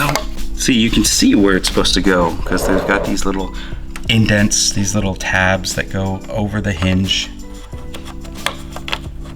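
A plastic door hinge cover is handled over a car door hinge, its little tabs lining up over the hinge, while someone talks over background music. A few faint light taps follow near the end, but the cover has not snapped or seated into place yet.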